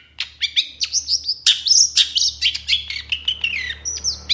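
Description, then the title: Long-tailed shrike song with varied whistled slurs, rising and falling notes strung together alongside short sharp chips, fairly continuous over a few seconds. Long-tailed shrike song in the morning, with varied calls including "toet toet"; used as a lure recording to prompt sluggish or stressed cendet birds to sing. "Cendet Gacor Dor Di Kala Pagi Toet Toet Variasi Suara. PANCINGAN CENDET MALAS BUNYI CENDET MACET CENDET STRESS"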